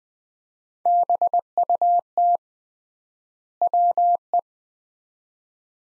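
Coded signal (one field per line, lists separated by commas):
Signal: Morse code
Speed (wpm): 20 wpm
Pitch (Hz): 700 Hz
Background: none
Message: BUT WE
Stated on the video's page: Morse practice drill of two-word sets at 20 wpm with 3x word spacing, similar to Farnsworth method, each set followed by spoken words.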